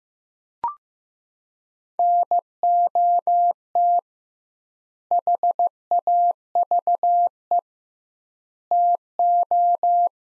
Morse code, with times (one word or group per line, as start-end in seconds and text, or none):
2.0-4.0 NOT
5.1-7.6 HAVE
8.7-10.1 TO